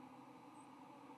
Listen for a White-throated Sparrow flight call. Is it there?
no